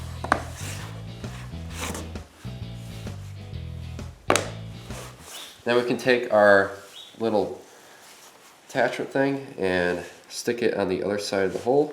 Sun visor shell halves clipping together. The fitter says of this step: And the clips should snap back together.